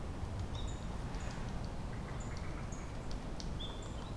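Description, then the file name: Tit calls: thin, high, short notes scattered throughout, over a steady noisy background. Recorded 10 February 2024. "kotorinomori tit 20240210"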